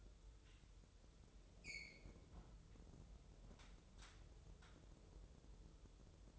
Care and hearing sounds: daily activity, microphone in the room; close fridge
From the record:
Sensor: 3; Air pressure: 988.4 hPa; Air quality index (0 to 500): 193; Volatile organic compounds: 288 ppm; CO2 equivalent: 4455 ppm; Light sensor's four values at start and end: 24/75/31/27 and 24/75/31/27

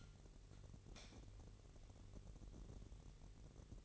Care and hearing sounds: daily activity, microphone in the room; light on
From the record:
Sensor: 4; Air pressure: 1012.7 hPa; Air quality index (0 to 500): 248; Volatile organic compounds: 4 ppm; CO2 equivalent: 1686 ppm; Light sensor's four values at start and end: 15/34/14/14 and 17/44/17/19

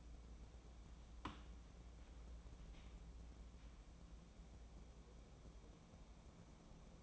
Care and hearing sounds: daily activity, microphone in the room; wipe stove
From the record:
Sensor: 1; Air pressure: 1012.3 hPa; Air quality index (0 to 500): 162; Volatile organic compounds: 3 ppm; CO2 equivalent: 1327 ppm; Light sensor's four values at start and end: 607/1382/620/725 and 597/1362/610/713

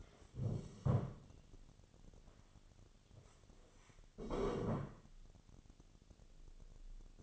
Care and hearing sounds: daily activity, microphone in the room; stand up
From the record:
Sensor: 4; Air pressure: 1016.1 hPa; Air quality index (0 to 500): 184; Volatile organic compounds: 8 ppm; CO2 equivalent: 2089 ppm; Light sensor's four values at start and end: 9/20/8/7 and 9/20/8/7

